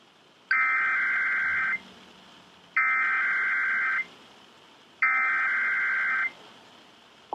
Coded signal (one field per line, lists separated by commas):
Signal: Emergency Alert System (SAME) tones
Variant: header bursts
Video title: Indian Point EAS Test (2/15/17)